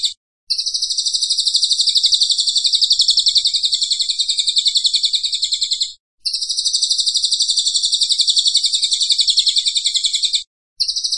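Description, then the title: A cililin gives an unbroken, buzzy high trill lasting about five seconds, then pauses briefly and starts the same rapid pulsing trill again. Vigorous 'gacor' singing style, used for training cage birds. "Cililin AMPUH"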